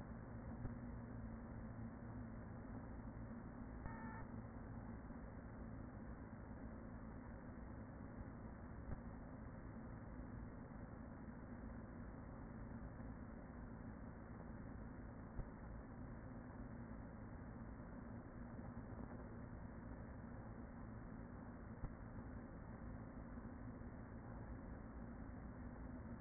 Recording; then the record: honeybee colony, microphone inside the hive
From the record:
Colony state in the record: queen present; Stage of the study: after two queens were removed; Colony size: about 40,000 bees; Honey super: no